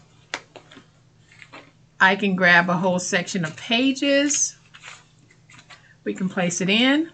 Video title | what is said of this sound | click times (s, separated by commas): YOU PROBABLY HAVE SOME OF THESE SCRAPS! Make Easy Magnetic Bookmarks WITH SCRAPS! | it's going through chipboard you can hear that click | 0.3 s